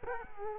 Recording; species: mosquito wingbeat signal from an infrared sensor; Culex quinquefasciatus